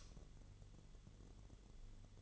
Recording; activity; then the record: daily activity, microphone in the room; light off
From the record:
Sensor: 4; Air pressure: 1008.6 hPa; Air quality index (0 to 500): 95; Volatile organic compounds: 1 ppm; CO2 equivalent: 715 ppm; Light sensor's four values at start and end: 11/27/10/10 and 11/25/10/9